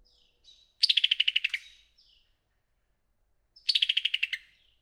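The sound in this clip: Summer tanager calling in quick dry bursts of hard ticking notes, each burst under a second and sliding a little lower, two bursts separated by a short pause.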